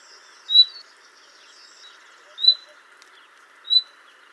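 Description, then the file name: Common nightingale calls: three brief high whistled notes, spaced one to two seconds apart, over a steady faint hiss. "Luscinia megarhynchos"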